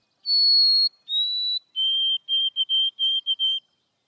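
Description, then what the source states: White-throated Sparrow song: two long, pure whistled notes, the second slightly lower, followed by a run of repeated, steady, lower whistled notes. Sparrow with crown stripes and a plain-colored breast.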